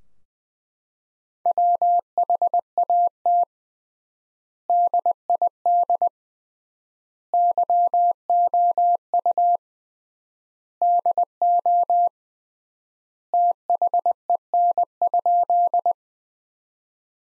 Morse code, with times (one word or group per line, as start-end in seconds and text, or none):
1.5-3.4 WHAT
4.7-6.1 DID
7.3-9.6 YOU
10.8-12.1 DO
13.3-15.9 THEN?